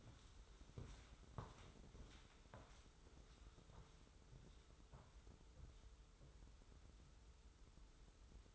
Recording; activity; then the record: daily activity, microphone in the room; walk to room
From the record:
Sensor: 3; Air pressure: 994.3 hPa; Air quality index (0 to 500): 204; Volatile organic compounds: 1000 ppm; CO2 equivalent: 6781 ppm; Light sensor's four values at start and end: 86/197/82/77 and 96/226/93/87